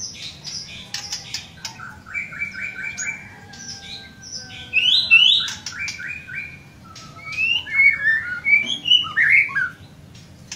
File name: White rumped shama